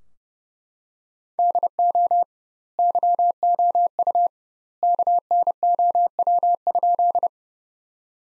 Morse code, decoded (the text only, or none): DO YOU KNOW?